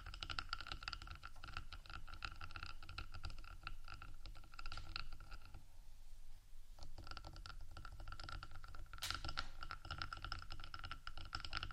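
Rhinestone-embellished microphone being scratched and tapped, a dense, rapid, crackling texture with steady low rumble, briefly thinning near six seconds, sharp tap around nine.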